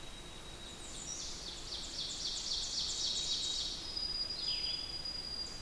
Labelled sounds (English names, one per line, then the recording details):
Ovenbird song
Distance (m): 55 m
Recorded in boreal forest in Alberta, Canada, on 20 June 2016 at 05:48
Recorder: SongMeter 3, array SBT-6-81
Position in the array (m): 67 m, 23 m
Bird 47